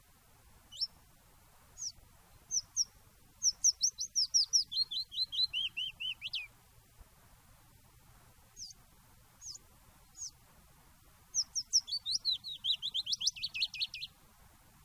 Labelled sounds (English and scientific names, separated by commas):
Willow Warbler (Phylloscopus trochilus)